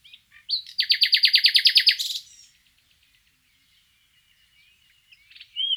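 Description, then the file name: Common nightingale song: a loud fast rattling trill of repeated notes for over a second, then quiet soft notes and a final whistled phrase. "Luscinia megarhynchos"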